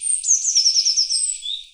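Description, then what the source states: Songbird giving a high, rapid series of descending chirped notes, slurred together into a brief warbling phrase ending on a lower note. Recorded at Oxford Island on Lough Neagh.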